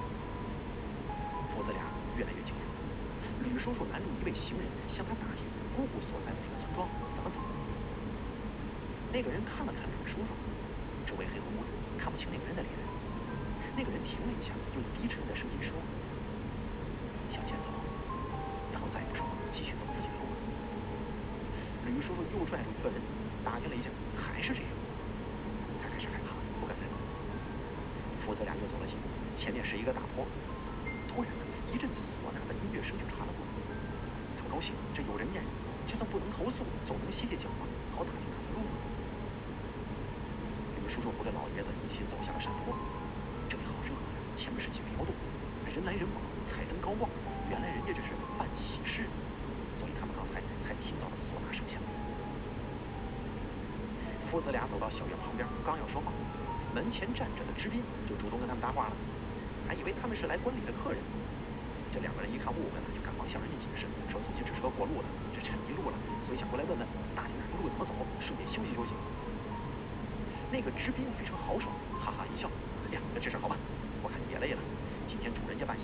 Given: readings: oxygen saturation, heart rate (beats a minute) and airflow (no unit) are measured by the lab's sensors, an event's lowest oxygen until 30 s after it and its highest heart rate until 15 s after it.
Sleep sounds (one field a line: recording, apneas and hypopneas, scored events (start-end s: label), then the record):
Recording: breathing in sleep by a voice recorder at the bedside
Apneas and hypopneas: none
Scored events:
0.00-56.00 s: awake
26.00-75.84 s: new sleep stage, N1 (lightest sleep)
From the record:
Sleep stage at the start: awake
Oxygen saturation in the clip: 94%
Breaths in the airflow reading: 25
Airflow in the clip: -1.4 to 1.9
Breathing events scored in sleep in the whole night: 335 in 6.7 hours asleep